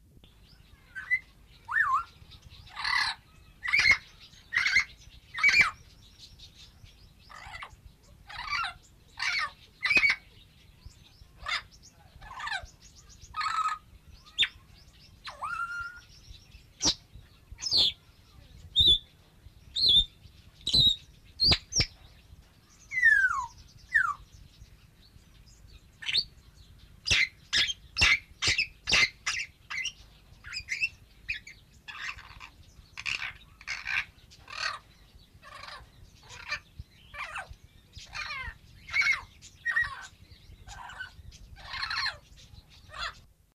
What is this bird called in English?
Grey Parrot